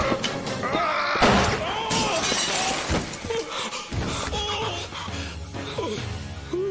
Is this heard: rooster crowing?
no